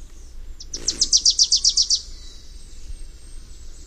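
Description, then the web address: Wilson's warbler song: a crisp burst of roughly ten rapid, high chattering chips that ends abruptly, followed by quiet with faint bird notes. "Songs of Birds of North America Know Your Bird Sounds Common Western Species. Wilsons Warbler"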